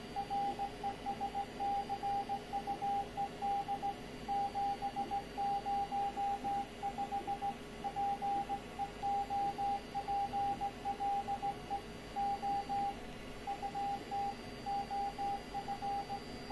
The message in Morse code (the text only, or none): RESCUED 705 PEOPLE OUT OF